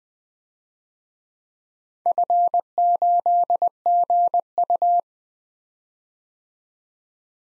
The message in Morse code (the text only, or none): F8GU